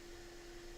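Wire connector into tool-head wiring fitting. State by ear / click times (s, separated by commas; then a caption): not seated / none. A positive/negative wire connector is pushed into its mating fitting on a machine tool-head wiring harness; it goes in but does not lock. Only a steady broadband hiss with a constant low tonal hum is heard, with no sharp sounds. Nothing has seated or clicked yet.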